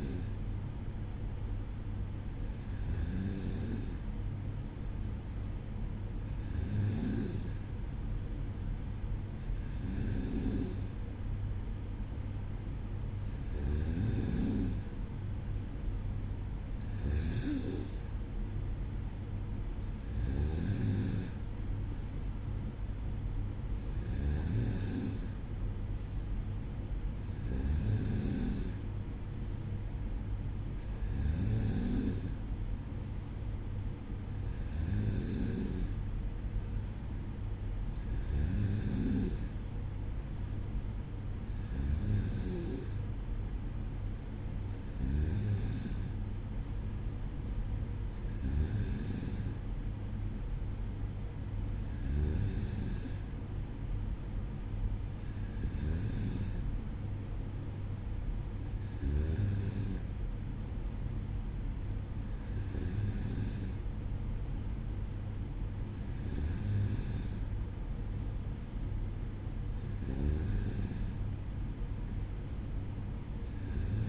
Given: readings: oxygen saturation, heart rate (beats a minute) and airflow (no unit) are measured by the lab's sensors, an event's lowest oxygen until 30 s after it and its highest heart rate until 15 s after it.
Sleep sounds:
breathing in sleep by a smartphone at the bedside; none
none scored
From the record:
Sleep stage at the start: N2 (light sleep); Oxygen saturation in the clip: 94%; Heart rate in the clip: 55 to 57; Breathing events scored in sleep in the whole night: 305 in 9.6 hours asleep

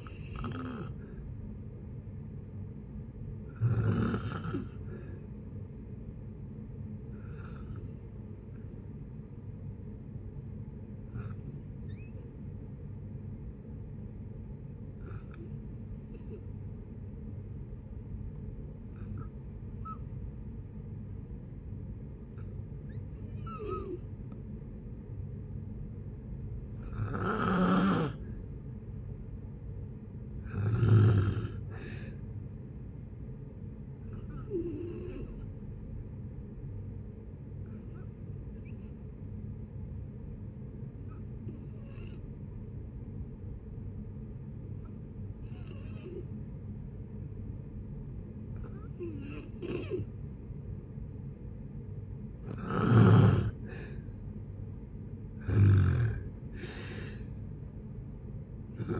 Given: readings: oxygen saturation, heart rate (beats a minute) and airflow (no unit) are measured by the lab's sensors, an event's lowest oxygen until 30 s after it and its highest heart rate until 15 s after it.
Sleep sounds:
breathing in sleep by a smartphone at the bedside; 2
8.00-28.40 s: hypopnea (N2, oxygen 96% highest, then 90% lowest, heart rate 62 at the start, 69 highest)
38.00-52.00 s: hypopnea (N2, oxygen 93% highest, then 87% lowest)
From the record:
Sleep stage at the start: N2 (light sleep); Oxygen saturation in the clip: 86 to 96%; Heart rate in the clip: 58 to 78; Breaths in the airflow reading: 16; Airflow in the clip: -6.7 to 8.0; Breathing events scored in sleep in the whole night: 496 in 5.4 hours asleep

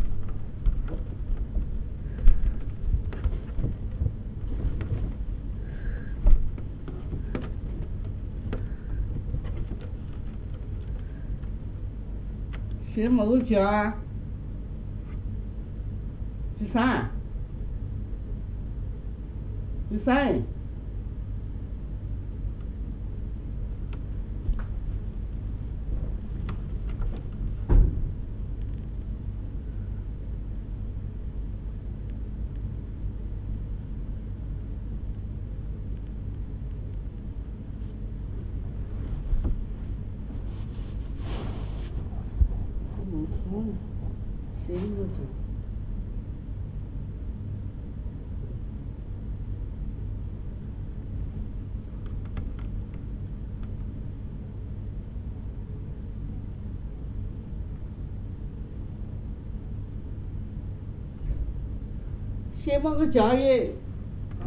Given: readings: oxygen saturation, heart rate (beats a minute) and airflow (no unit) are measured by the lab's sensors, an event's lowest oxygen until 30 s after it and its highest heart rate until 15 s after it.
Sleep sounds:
a person awake in a sleep study, by a smartphone at the bedside; none
0.00-64.47 s: awake
From the record:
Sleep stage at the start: awake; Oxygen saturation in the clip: 94 to 98%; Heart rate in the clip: 81 to 87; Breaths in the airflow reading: 22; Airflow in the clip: -7.0 to 9.1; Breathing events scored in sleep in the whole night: 449 in 7.0 hours asleep

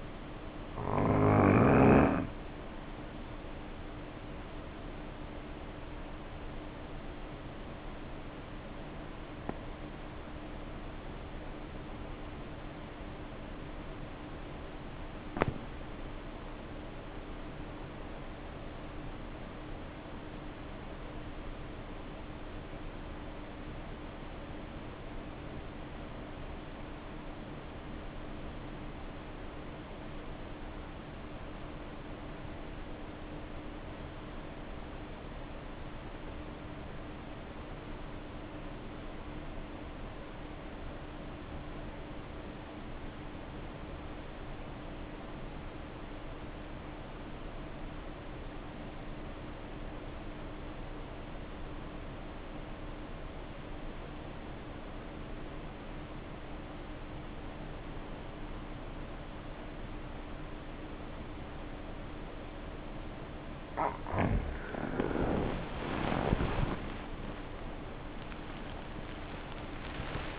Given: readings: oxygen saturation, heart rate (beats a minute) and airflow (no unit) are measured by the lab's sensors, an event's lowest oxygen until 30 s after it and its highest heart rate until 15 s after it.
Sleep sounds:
breathing in sleep by a voice recorder at the bedside; 1
9.00-66.20 s: obstructive apnea (N1, oxygen 96% highest, then 70% lowest, heart rate 52 at the start, 86 highest)
11.00-70.39 s: new sleep stage, REM sleep
From the record:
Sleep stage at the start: N1 (lightest sleep); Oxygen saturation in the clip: 73 to 96%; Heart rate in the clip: 47 to 81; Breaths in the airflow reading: 3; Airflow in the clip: -0.7 to 0.8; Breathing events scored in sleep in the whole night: 520 in 7.2 hours asleep

